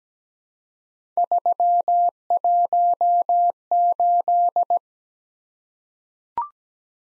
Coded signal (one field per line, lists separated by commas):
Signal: Morse code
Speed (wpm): 17 wpm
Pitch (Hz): 700 Hz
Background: none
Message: 318